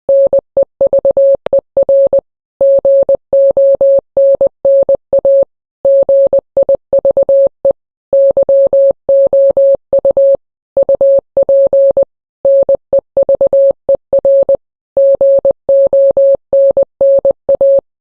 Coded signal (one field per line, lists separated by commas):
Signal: Morse code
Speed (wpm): 20 wpm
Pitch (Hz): 550 Hz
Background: none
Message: NEVER GONNA GIVE YOU UP NEVER GONNA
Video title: rickroll but Morse code version